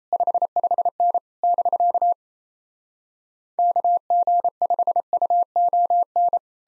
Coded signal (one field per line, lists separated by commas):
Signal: Morse code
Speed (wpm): 37 wpm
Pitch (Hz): 700 Hz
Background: none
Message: 55N <BK> KG5UON